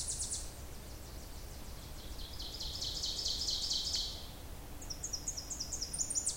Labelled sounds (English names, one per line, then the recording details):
Ovenbird song
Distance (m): 35 m
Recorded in boreal forest in Alberta, Canada, on 26 May 2016 at 06:38
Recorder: SongMeter 3, array SBT-3-15
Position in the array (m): 47 m, 227 m
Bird 20